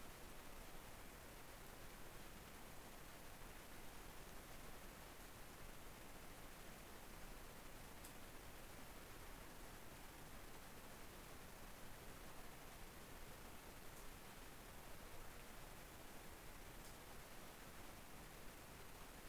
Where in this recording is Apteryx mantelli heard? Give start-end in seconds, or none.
none